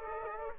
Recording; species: mosquito wingbeat signal from an infrared sensor; Aedes aegypti